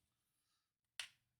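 A model robot part from the Fanhome Optimus Prime stage 31 kit, a plastic/metal piece, is pushed onto its locating pin as a push fit. After quiet, faint handling noise, one sharp, bright click sounds at 1.0 s and quickly fades. The part snaps home and is seated.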